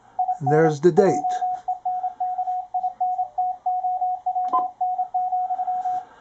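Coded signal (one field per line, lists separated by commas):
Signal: Morse code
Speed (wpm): 28 wpm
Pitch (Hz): 730 Hz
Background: speech, radio noise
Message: IN JENKINTOWN,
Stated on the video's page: CW from a Ten-Tec Paragon 585 transceiver during a zero-beat demonstration.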